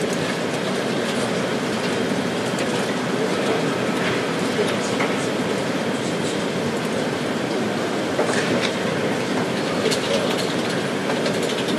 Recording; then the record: background sound without coughing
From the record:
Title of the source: Office Sounds Ambience - Background Noise for Study and Work